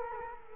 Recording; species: mosquito wingbeat signal from an infrared sensor; Culex quinquefasciatus